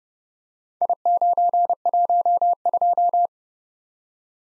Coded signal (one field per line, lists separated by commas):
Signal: Morse code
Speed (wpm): 30 wpm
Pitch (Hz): 700 Hz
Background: none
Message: I912